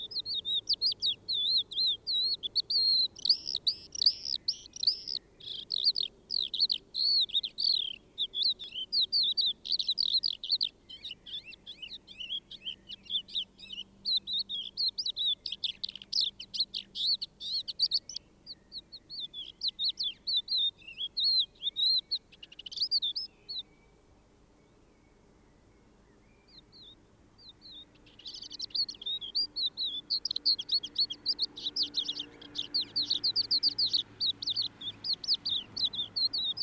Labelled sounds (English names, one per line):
Crested Lark song